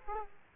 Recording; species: mosquito wingbeat signal from an infrared sensor; Aedes aegypti